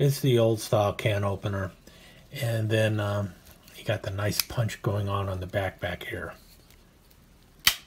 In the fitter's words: hear that snap this thing uh definitely seems like something that spent more time in the drawer